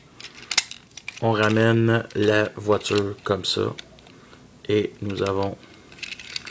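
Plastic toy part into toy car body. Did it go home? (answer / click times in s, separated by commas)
no / none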